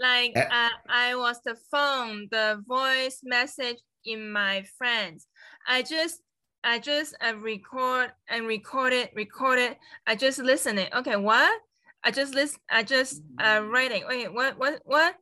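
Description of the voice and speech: Halting, telegraphic speech from an adult stroke survivor, with missing grammar words and repeated phrases, typical of non-fluent aphasia.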